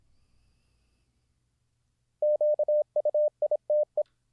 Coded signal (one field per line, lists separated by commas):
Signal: Morse code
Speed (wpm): 26 wpm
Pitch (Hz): 600 Hz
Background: none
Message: QUITE